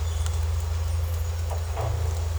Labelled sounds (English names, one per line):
none